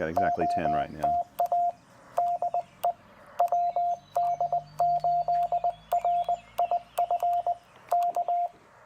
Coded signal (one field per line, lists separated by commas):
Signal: Morse code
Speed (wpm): 19 wpm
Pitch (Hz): 700 Hz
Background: speech, radio noise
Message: OTA DE WD8RIF K